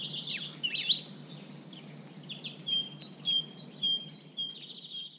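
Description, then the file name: Great tit calls, a few sharp high notes, then a series of short clipped chirps repeated about twice a second. "Parus major"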